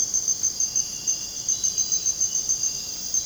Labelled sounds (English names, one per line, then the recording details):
none
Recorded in dense forest near Puerto Asís, Putumayo, Colombia, on 23 June 2025 at 02:00
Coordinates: 0.486, -76.317
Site G065